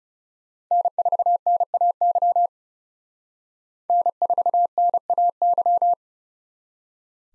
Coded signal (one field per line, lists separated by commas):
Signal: Morse code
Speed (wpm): 37 wpm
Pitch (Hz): 700 Hz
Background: none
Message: N4NAY N4NAY